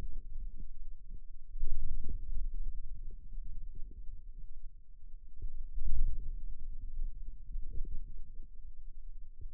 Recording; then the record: forearm muscle sounds (acoustic myography)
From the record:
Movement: wrist extension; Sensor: system 2, bracelet of six BSWA MPA416 microphones around the upper forearm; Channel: 6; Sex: male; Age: 22 years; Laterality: right